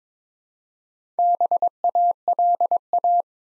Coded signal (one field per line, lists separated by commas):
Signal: Morse code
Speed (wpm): 22 wpm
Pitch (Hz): 700 Hz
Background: none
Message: BALA